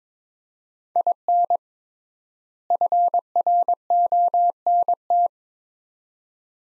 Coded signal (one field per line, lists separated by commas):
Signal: Morse code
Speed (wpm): 21 wpm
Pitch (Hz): 700 Hz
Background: none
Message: IN FRONT